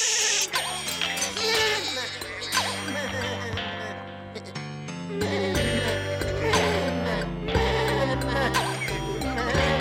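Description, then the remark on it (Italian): A chorus of goats bleats almost without pause, several quavering, nasal cries overlapping at different pitches, steady and fairly loud throughout with no voices. “Sono capre queste.”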